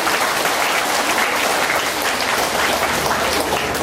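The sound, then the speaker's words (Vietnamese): A crowd at a Buddhist gathering claps for the Buddhists from Australia, steadily and densely for several seconds, a continuous wash of many hands at an even loudness with no voices standing out. “Phật tử bên Úc đưa tay lên, xin cho Phật tử bên Úc cho một tràng pháo tay.”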